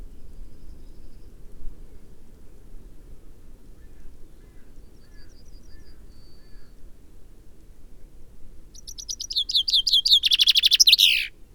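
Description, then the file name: Common Chaffinch singing: quiet faint notes for most, then one bright descending trill with a terminal flourish near the end. "Fringilla coelebs"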